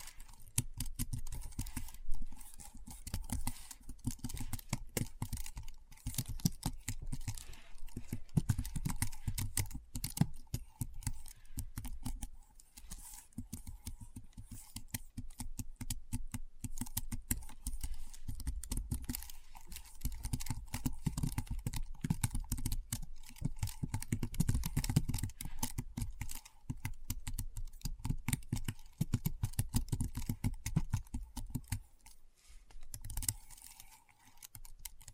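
Keyboard typing runs the whole way through, a dense, fast patter of sharp clicks with a low thud under each stroke. The pace stays fairly even with brief dips in loudness, and a faint steady hum sits quietly beneath the keys.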